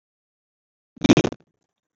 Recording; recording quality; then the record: sustained vowel as in beet; moderate, slight background noise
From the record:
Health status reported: exposed to COVID-19, no respiratory illness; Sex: male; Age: 31 years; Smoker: no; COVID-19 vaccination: both doses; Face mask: not worn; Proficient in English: yes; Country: India